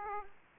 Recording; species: mosquito wingbeat signal from an infrared sensor; Aedes aegypti